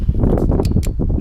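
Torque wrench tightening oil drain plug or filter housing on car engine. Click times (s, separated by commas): 0.8 s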